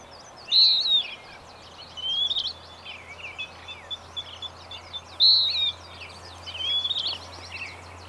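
Bird song: a loud high whistle repeated after about four and a half seconds, with softer thin sliding notes between and chirps throughout.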